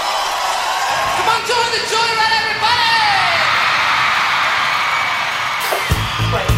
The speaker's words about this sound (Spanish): Pero cómo grita ese hombre.